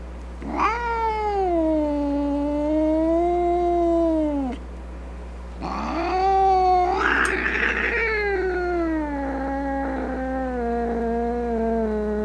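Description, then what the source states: Cat yowling angrily in a long, harsh, wavering wail that rises then falls, followed by a second growly, strained howl that slowly falls in pitch. Angry cat.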